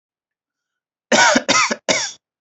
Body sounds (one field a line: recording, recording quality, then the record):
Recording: shallow voluntary cough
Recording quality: excellent, no background noise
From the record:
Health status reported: recovered from COVID-19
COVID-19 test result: negative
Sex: male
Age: 23 years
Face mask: not worn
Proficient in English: yes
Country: India